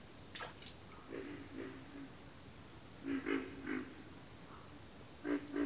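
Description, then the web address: Pig frog calling with deep pig-like grunts in irregular bursts, set against constant shrill insect buzzing and rhythmic triple-pulsed chirps. Bayou setting. "Echoes of Nature - Bayou Pig Frogs"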